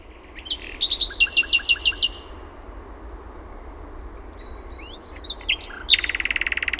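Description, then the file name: Common nightingale song: a fast series of evenly spaced sharp notes, a pause, then thin whistles rising into a rapid, rattling trill, with a low background rumble. Finland. "ETELAN SATAKIELI"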